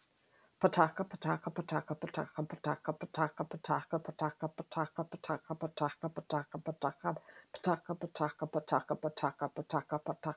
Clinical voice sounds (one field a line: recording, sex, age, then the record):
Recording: repeated syllables /pa ta ka/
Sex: female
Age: 50 to 59 years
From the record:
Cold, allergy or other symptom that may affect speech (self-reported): no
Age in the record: 51 years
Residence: Virginia, United States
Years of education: 16